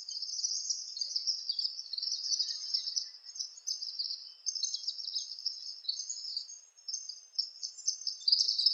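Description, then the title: Palm tanager twittering without break, a dense run of high, scratchy squeaking notes throughout. "Sanhaçu-do-coqueiro (Tangara palmarum)"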